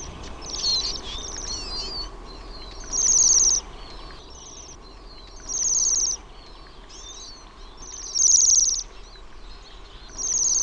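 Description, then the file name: Bohemian waxwing trilled calls, high and shimmering, roughly every two to three seconds, with quieter trills filling the gaps. "TILHI"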